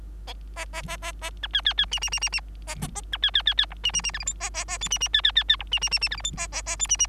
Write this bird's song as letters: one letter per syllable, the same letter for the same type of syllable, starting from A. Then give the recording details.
A A A A A B C C C D D D D D A A A B C C C C E D D D F G H A A A I D D C C C C E D D D D F G H A A A I D D. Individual Bird3